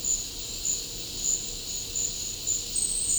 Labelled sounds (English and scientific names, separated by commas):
none